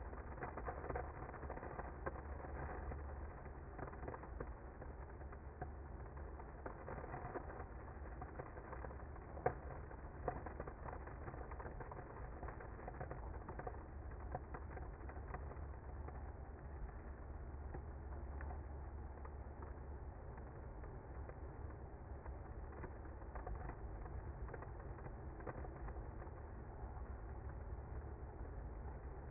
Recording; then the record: honeybee colony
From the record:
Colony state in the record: active